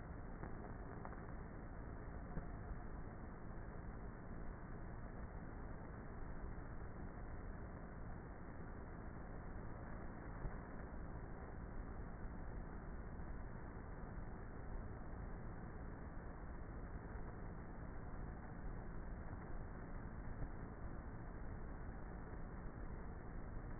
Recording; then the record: honeybee colony, microphone inside the hive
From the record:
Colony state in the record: queenless with a low population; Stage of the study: before two queens were removed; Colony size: about 30,000 bees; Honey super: no